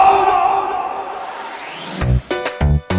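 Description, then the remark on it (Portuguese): A crowd at a live DJ party yells and cheers in a dense, sustained roar that gradually fades, followed by a few loud, heavy thumping bursts in quick succession. “E quem já levou, dá um grito. E quem já colocou, faz barulho.”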